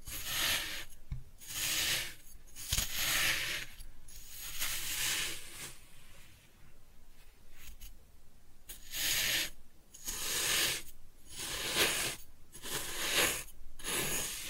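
Kinetic sand is cut and scooped in a series of soft, hissing grainy strokes, each lasting about half a second to a second. The strokes come in rhythmic bursts, with a quieter pause around six to nine seconds and a couple of small clicks near the start.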